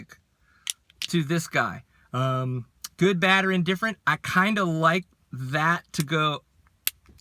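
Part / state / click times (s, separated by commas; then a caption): action camera into its mount clamp / seated / 6.9 s. An action camera is snapped into its bike mount clamp while someone talks. A sharp plastic click at 6.9 s marks the camera locking into the mount, held so firmly it should only come off from a very hard impact.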